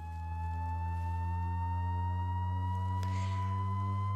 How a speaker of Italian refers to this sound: O ancora un suono acuto come un fischio di una sirena del bollitore di casa, proprio così.